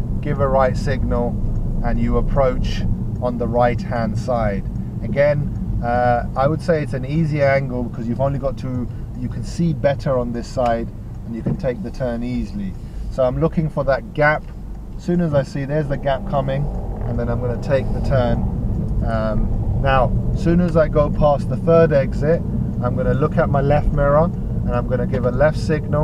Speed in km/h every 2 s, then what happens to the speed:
24, 19, 15, 11, 8, 6, 3, 8, 18, 21, 21, 23, 16.
0-12 slows to 3. 13-19 speeds up to 21. 22-26 slows to 16.